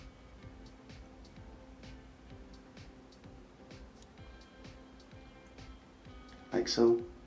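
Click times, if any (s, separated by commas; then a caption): none. A wheel axle pin is pushed through the wheel assembly of an Aiper smart robot pool vacuum over steady background music with faint light ticks. Someone talks briefly, and louder handling noise rises near the end of the clip. Nothing has clicked or seated yet.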